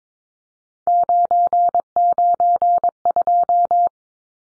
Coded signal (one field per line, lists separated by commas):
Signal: Morse code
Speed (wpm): 22 wpm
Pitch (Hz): 700 Hz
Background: none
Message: 992